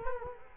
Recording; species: mosquito wingbeat signal from an infrared sensor; Culex quinquefasciatus